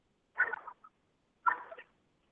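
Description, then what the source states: Standard poodle barking: two short, sharp barks about a second apart, with silence around them. Four standard poodles interrupting because they thought they heard something.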